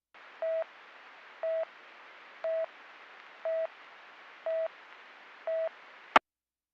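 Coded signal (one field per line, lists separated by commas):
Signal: none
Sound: police radio channel beeps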